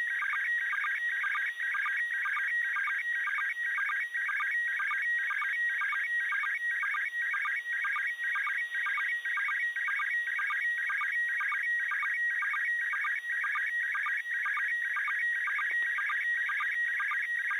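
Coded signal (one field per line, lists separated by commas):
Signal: SSTV (slow-scan television)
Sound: continuous warbling tone around 2 kHz with rhythmic ticking blips twice a second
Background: radio static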